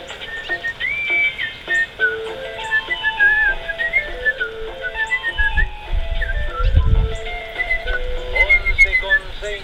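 Someone whistles a lively, wandering melody, the high notes sliding and trilling over a steady undertone, while a low rumbling thud swells briefly in the middle.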